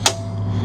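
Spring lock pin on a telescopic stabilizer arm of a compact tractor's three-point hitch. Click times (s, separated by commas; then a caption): 0.1 s. On a Massey Ferguson 1740M eHydro Deluxe Cab Premier compact tractor, the spring-loaded lock pin on a rear telescopic stabilizer arm of the three-point hitch is pulled out and released. It snaps back into place with one sharp metallic knock at 0.1 s over a steady low hum, and the lock is seated.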